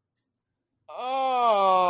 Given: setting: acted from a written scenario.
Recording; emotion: vocal sound without words; disappointment